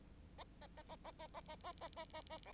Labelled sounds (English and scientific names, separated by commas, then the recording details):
Bengalese Finch (Lonchura striata domestica) song
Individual Bird9